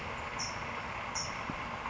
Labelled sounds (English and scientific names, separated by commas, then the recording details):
California Towhee (Melozone crissalis)
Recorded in Sonoma County, California